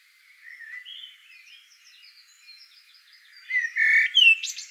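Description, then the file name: Eurasian blackbird song: soft, low warbling for several seconds, then a louder fluty phrase with a high twittered finish at the end. "Turdus merula"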